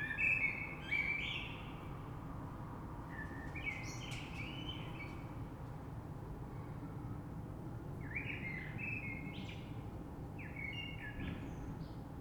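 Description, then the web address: Common blackbird's song: several short, mellow warbled phrases spaced a few seconds apart, each with a high thin twitter, over steady low noise. Recorded 3 March 2020. "oiseaux Rush Merle 3-3-2020"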